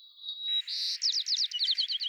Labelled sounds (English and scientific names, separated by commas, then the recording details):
White-crowned Sparrow (Zonotrichia leucophrys) song
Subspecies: nuttalli
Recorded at Salinas River, California, in 2014
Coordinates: 36.776, -121.795
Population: admixed
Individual SALI_maleF